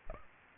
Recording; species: mosquito wingbeat signal from an infrared sensor; Aedes aegypti